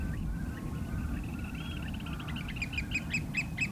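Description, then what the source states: Eurasian oystercatcher giving a run of sharp, high piping notes, repeated quickly, over a steady low rumble of wind or water. Heard in late August at a ruined slate-exporting dock on the calm Menai Straits, North Wales.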